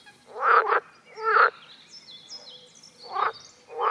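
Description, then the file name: Water frog calls: four short, harsh, pulsed croaks, two close together early and two late after a gap of about a second and a half, with faint higher chirps between them. "Groene Kikker"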